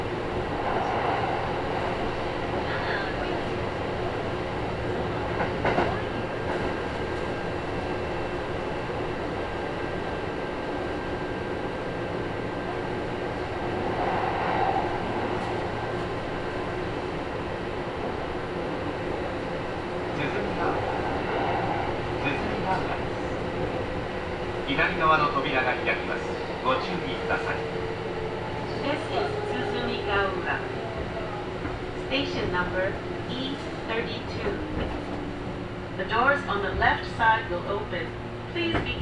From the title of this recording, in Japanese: 近鉄 伊勢若松（特急通過待ち）→白子（特急通過待ち・普通乗り換え）→千里